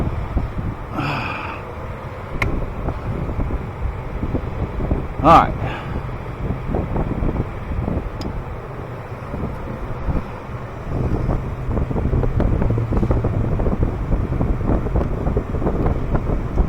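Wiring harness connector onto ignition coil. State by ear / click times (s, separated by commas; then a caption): not seated / none. A wiring harness connector is handled while being plugged back onto an ignition coil of a first-generation Lexus GX 470 after a spark plug change. Someone talks over a steady low rumble with scattered small knocks and taps. The connector has not clicked or seated yet.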